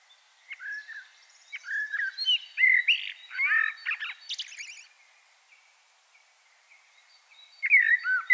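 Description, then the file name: Common blackbird song: a run of fluty whistles and scratchy twitters, then a quiet pause before another short whistled phrase. "Turdus merula"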